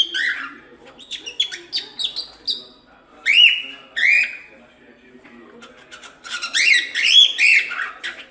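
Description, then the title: Cockatiels trade squeaky chatter with a few long, rising whistled notes in the middle, then break into louder, jumbled twittering. Several cockatiels whistling. "Calopsitas Cantando Assobio"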